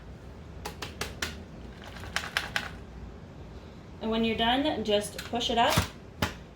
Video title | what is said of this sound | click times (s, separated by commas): DYSON V11 TOTAL CLEAN VACUUM FROM COSTCO GREAT VALUE | and close it till it clicks. | 6.2 s